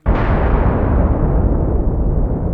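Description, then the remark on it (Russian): A sudden crack of thunder bursts in and rolls straight into a loud, deep rumble that holds steady for a couple of seconds, its higher crackle slowly fading. No one speaks. “Удары грома потрясали дворец Кадма.”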